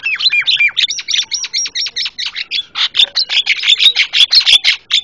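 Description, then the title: Javan myna calls: continuous rapid harsh chattering with squeaky whistled notes, loud and steady throughout. Very noisy Javan myna calls, used for training cage birds by imitation (masteran). "Jalak Kebo Master Suara Super Berisik Buat Masteran"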